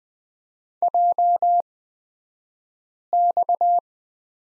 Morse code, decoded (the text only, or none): JX